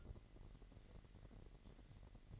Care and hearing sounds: daily activity, microphone in the room; take from stove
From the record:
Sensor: 4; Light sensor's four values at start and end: 27/65/26/25 and 27/64/26/25

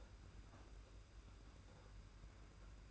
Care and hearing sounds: daily activity, microphone in the room; open fridge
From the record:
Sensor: 2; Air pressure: 991.7 hPa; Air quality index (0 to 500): 221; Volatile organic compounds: 1000 ppm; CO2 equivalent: 7367 ppm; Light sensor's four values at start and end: 26/81/31/29 and 26/81/31/29

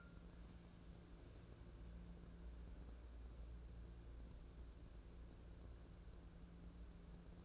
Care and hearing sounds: daily activity, microphone in the room; wipe stove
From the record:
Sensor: 2

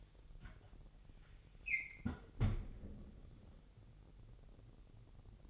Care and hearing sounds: daily activity, microphone in the room; close fridge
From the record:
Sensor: 4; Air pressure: 989.2 hPa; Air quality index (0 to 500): 222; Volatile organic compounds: 78 ppm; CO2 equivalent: 3590 ppm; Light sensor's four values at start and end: 26/91/33/35 and 27/93/34/36

